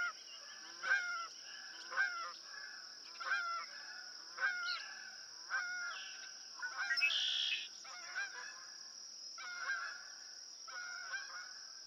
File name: Canada Goose